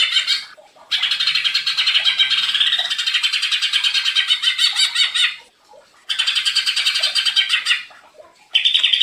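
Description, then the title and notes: Leafbird song in long bursts of rapid, buzzy high chatter, broken by short pauses of about half a second, then resuming just as fast. Cage-bird training song (masteran and pancingan, a lure to prompt singing) of a constantly singing leafbird. "Masteran & Pancingan Cucak Ijo Gacor. Burung Cucak Ijo"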